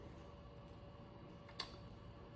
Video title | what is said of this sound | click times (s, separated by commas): 3D printed v2 air layer multi tool | This will magnetically snap in place to protect it. | 1.6 s